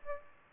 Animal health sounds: mosquito wingbeat signal from an infrared sensor; Aedes albopictus

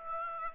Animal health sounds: mosquito wingbeat signal from an infrared sensor; Aedes aegypti

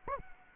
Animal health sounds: mosquito wingbeat signal from an infrared sensor; Anopheles arabiensis

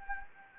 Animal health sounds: mosquito wingbeat signal from an infrared sensor; Anopheles gambiae

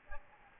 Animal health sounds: mosquito wingbeat signal from an infrared sensor; Aedes albopictus

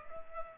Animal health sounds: mosquito wingbeat signal from an infrared sensor; Culex pipiens

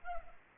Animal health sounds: mosquito wingbeat signal from an infrared sensor; Culex pipiens

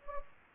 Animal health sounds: mosquito wingbeat signal from an infrared sensor; Anopheles gambiae

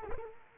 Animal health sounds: mosquito wingbeat signal from an infrared sensor; Culex quinquefasciatus

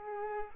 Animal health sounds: mosquito wingbeat signal from an infrared sensor; Culex pipiens

